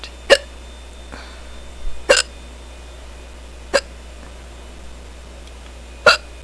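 An adult hiccuping: four sharp, brief hiccups spaced irregularly over about six seconds.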